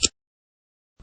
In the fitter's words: so go ahead and remove the Ram from the system you should hear the click sound